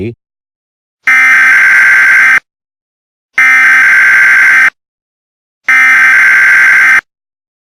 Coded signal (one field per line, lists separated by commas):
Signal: Emergency Alert System (SAME) tones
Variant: header bursts